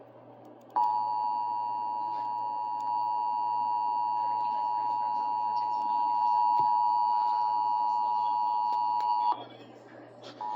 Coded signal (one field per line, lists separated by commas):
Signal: Emergency Alert System (SAME) tones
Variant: 853 and 960 Hz attention tone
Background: speech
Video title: Finally Ending Out ANOTHER May... | EAS #340-345 (Test Alerts from May 2023)